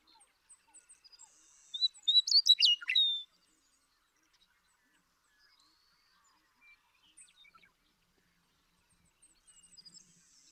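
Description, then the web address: Western meadowlark gives one rich, gurgling song phrase of rapid flutey notes lasting about a second and a half, followed by quiet with faint, scattered chirps in the background. "birdsongforthecurious Western Meadowlark"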